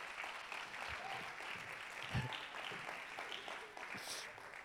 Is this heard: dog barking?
no